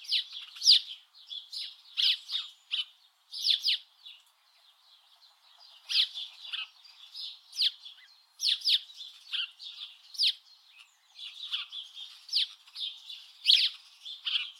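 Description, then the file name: House sparrow chirps, clusters of harsh, emphatic notes with brief quiet spells, several loud downward-flicking calls. "Passer domesticus"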